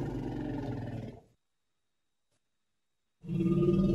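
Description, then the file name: Elephant giving a low throbbing rumble, stopping briefly before a second pulsed growl begins. "Tieng voi keu"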